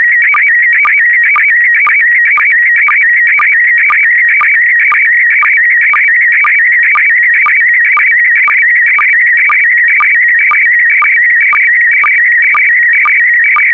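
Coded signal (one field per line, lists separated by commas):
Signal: SSTV (slow-scan television)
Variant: PD120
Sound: warbling tone jumping rapidly between pitches, with a short low blip about twice per second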